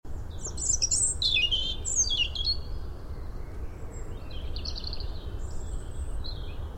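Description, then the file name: European robin song: a rich, rapid phrase of high warbling and descending trills, then quieter thin whistled notes, all over a constant low noise bed. "Erithacus rubecula"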